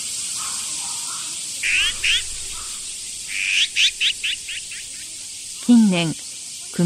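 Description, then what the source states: Azure-winged magpie giving repeated harsh, scratchy calls in two bursts, with soft low notes early and a deeper descending harmonic call near the end. Yoyogi Park, Tokyo.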